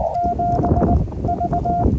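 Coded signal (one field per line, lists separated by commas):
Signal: Morse code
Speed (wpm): 20 wpm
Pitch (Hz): 700 Hz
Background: none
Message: 7 V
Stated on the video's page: CW park activation at Hagerman National Wildlife Refuge using Yaesu FT-891.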